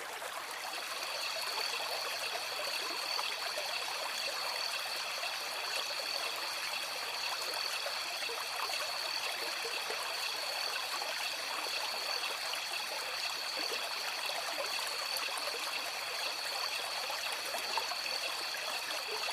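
A stream runs steadily throughout, a dense, even hiss of water with a trickling, splashing texture weighted toward the bright end and little low rumble. Faint thin tones near the top repeat every second or two, likely insects or birds, over the unbroken flow.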